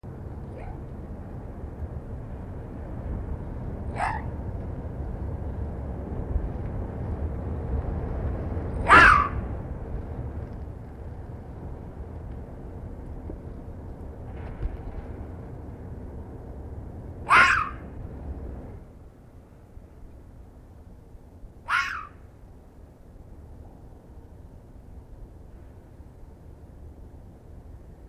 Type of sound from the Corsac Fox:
barking